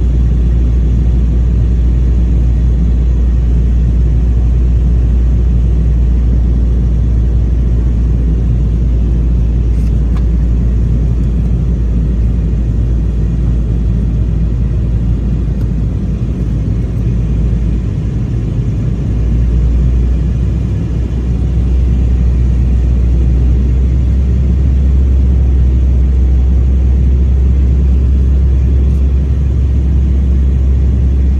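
Steady engine drone inside an Embraer E190 in flight, a deep, constant rumble with a heavy low hum and softer hiss above it. The level barely changes across the half minute, with only a few faint ticks around ten and sixteen seconds.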